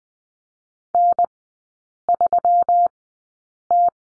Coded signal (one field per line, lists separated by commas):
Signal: Morse code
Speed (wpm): 21 wpm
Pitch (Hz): 700 Hz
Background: none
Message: N3T